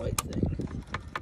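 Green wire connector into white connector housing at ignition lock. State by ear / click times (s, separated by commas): seated / 1.2 s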